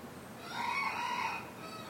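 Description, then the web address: Rooster crowing, a single drawn-out, muffled crow of about a second against a hissy background. Morning cockcrows. "the sound pack tree. morning with cockcrows"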